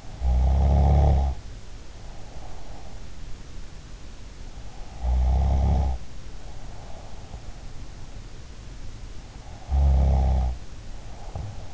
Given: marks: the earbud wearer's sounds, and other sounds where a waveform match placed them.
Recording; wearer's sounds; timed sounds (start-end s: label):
sounds in sleep by an in-ear microphone; snoring breath
0.00-2.84 s: snoring breath
4.85-7.34 s: snoring breath
9.25-11.73 s: snoring breath